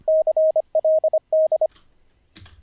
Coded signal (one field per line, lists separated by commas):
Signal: Morse code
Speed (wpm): 25 wpm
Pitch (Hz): 630 Hz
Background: none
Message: CLD